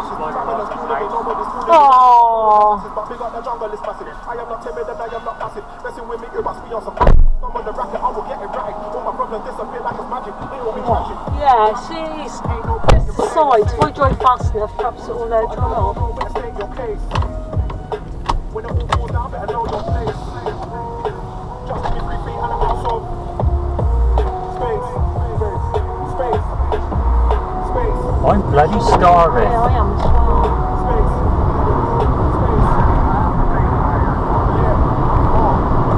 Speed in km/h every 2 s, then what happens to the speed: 0, 0, 0, 0, 0, 0, 0, 0, 3, 3, 8, 11, 11, 8, 18, 26, 37, 42.
0-15 standing. 15-22 pulls away to 11. 26-36 speeds up to 42.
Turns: 16-29.